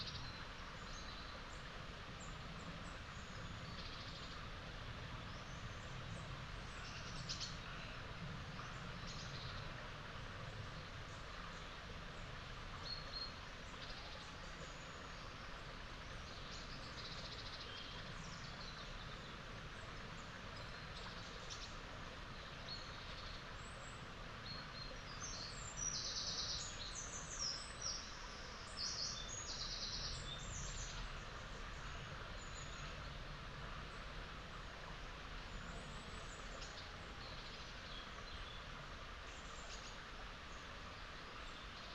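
Upland meadow with a steady, dense low rush, like a stony stream or wind, running the whole time. Small birds chirp and twitter high above it at scattered moments, busiest around the middle and near the half-minute mark.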